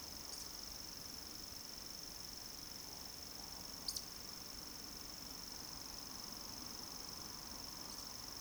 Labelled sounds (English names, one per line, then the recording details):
Eurasian Woodcock whistle
Eurasian Woodcock croak
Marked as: whistle, croak, whistle, whistle
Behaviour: display flight
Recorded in Baden-Württemberg, Germany, on 30 June 2020 at 20:00 UTC
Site 46046, 702 m above sea level